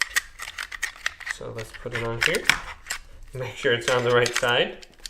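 A plastic side grip panel is handled and lined up against an Xbox Series X|S controller shell, with a few light plastic ticks and taps in the first second. Someone then talks over the rest of the clip. The panel has not seated or clicked into place yet.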